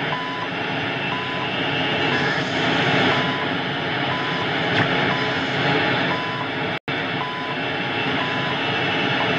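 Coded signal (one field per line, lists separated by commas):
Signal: radio time signal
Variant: CHU Canada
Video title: CHU Canada 14670kc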